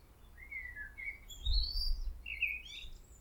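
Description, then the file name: Common blackbird singing short fluting, slurred whistles that rise into higher sweeping notes, with brief pauses between phrases and a low rumble of background noise. "Turdus merula"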